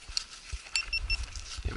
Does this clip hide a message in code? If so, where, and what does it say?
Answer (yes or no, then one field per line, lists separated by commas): no